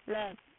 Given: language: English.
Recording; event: throat vibration sensor signal played as sound; speech